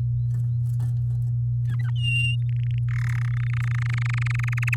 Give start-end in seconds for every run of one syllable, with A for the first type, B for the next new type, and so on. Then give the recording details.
1.67-1.90 A, 1.96-2.36 B, 2.49-2.79 C, 2.88-3.19 D, 3.21-4.75 E. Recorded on 6 May 2018 at 06:11. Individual llb16